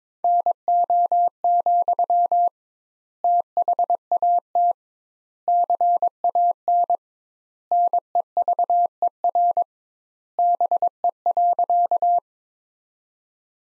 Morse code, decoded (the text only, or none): NO, THAT CAN NEVER BE.